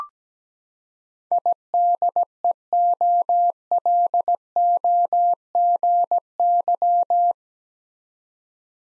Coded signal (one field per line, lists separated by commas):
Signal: Morse code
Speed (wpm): 17 wpm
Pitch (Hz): 700 Hz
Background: none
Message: IDEOLOGY